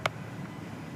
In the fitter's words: and the putting them back in is extremely simple you kind of just find the little click points and